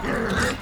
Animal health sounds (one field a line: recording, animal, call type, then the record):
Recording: contact call of a hoofed animal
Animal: wild boar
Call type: grunt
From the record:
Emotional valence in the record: negative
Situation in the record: naturally occurring agonistic interactions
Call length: 0.61 s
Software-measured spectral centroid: 2880 Hz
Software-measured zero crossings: 2390 a second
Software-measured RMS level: -24 dBFS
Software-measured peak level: -11 dBFS